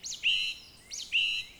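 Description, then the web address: Bird calls, two identical high whistled phrases, each a short rising-falling note followed by a longer steady whistle, about a second apart. "Oiseaux"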